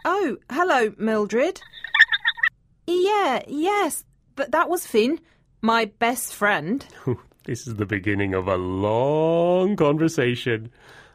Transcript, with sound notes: Oh, hello, Mildred! (on the phone) Yes, yes, that was Finn, my best friend!
This is the beginning of a long conversation...